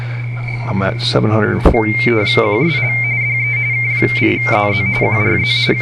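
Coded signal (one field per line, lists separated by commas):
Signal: RTTY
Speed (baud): 45.45 baud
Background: speech, radio noise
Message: QSL DE K8ZZ QRZ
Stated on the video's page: RTTY from an ARRL RTTY Roundup contest operation.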